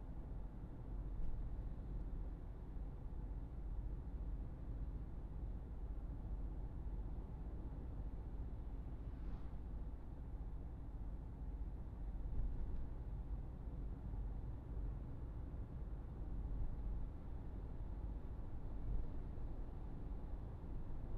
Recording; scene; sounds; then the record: everyday scene through a hearing-aid microphone; in a vehicle; engine, traffic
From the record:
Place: Berlingo II, diesel engine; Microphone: behind the ear, right, rear